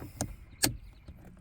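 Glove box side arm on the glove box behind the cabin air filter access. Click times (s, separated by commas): 0.2 s, 0.6 s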